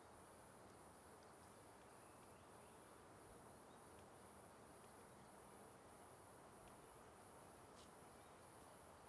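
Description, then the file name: Cricket chirping: a high, pulsed trill repeated steadily throughout, over a constant hiss of ambient noise. At the start of a trail, alongside a river. "Trilha Simao Correa Beirando o Rio com Grilos e Cigarras"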